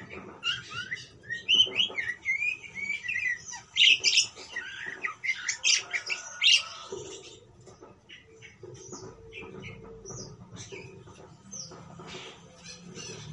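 Parakeet chirping: a lively burst of high, squeaky notes early on, then sparse faint chirps.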